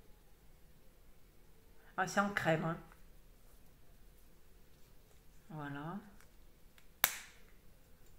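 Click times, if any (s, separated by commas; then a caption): 7.0 s. Someone talks, then closes the lid of a plastic makeup compact holding cream highlighter. The lid snaps shut onto its case with a sharp click at 7.0 s, and the compact is closed.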